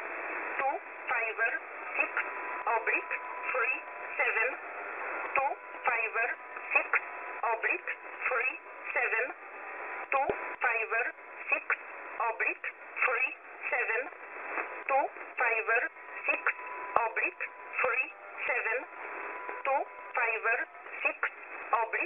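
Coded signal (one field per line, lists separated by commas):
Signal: numbers station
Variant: E11, English-language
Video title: Numbers Station, Polish, ENIGMA ID E11, 5779 kHz, USB mode, 03 December, 2020, 0315 UTC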